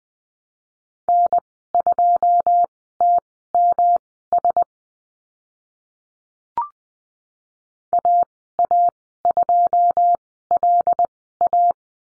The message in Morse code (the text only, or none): N2TMS AA2LA